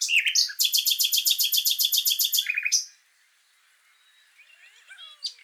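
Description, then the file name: Common nightingale delivering a rapid rattling trill of repeated notes ending in a short low phrase, followed by quiet with faint birdsong. "Luscinia megarhynchos"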